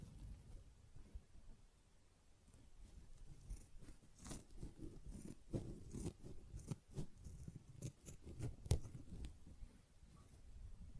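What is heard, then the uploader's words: A sponge is handled, with soft squishing and rubbing low in the sound and frequent short, crisp scratches or snips. The activity is sparse and quiet for the first few seconds, then grows busier with denser strokes from about four seconds to the end. Sponge Sounds - Scratching, Squishing, Brushing, Cutting.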